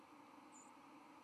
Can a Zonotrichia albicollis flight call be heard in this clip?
yes